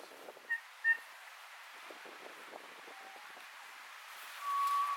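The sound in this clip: Kōkako calls: two quick faint whistles early, then a longer steady low whistle near the end, beneath rustling wind noise.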